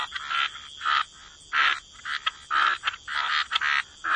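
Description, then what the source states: Frogs croaking, harsh nasal notes repeated in quick, uneven succession over a steady high hum. Frog chorus.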